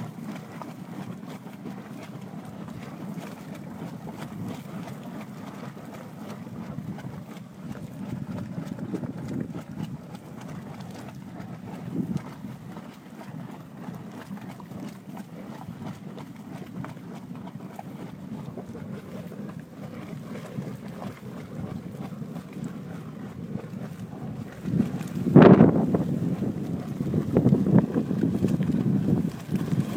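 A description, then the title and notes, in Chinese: Beside a spring in a black sand basin, a steady low rushing sound fills the scene, with wind buffeting the microphone. Near 25 seconds a sudden sharp gust or knock breaks in, and the rumble stays louder and rougher until the end. 黑沙盆地泉边休息_美国黄石国家公园。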